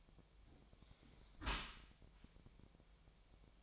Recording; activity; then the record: daily activity, microphone in the room; close dishwasher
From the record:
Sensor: 1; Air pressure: 1006.8 hPa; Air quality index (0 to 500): 210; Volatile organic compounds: 24 ppm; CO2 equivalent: 2820 ppm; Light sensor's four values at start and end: 12/31/12/13 and 12/31/12/13